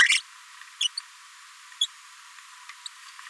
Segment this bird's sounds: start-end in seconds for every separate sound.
0.08-0.17, 0.81-0.88, 1.81-1.86